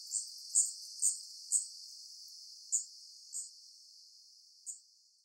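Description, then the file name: Daurian redstart giving sharp, high-pitched single notes, a quick run of four then three more spaced out, against faint background hiss. Recorded in Hyogo, Japan, on 8 August 2016. "jobitaki hyogo kuroda"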